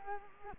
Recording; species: mosquito wingbeat signal from an infrared sensor; Culex quinquefasciatus